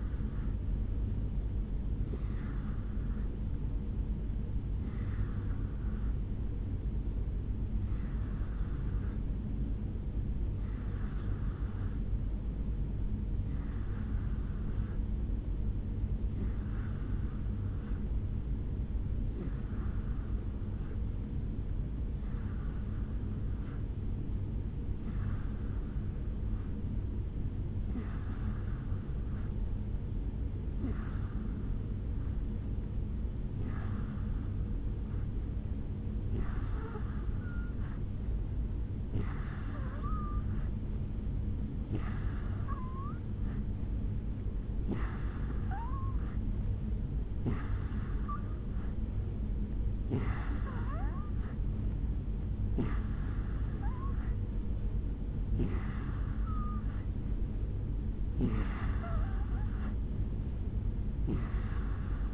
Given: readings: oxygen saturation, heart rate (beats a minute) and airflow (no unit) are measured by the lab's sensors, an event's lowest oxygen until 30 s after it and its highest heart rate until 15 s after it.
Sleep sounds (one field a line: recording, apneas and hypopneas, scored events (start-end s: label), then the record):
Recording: breathing in sleep by a smartphone at the bedside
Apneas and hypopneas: 1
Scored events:
7.00-51.90 s: hypopnea (N2, oxygen 95% highest, then 87% lowest, heart rate 64 at the start, 73 highest)
25.00-62.34 s: new sleep stage, N3 (deep sleep)
From the record:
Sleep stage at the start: N2 (light sleep)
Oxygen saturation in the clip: 87 to 95%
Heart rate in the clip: 61 to 75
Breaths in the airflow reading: 22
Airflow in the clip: -4.2 to 3.6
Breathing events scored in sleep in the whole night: 449 in 7.0 hours asleep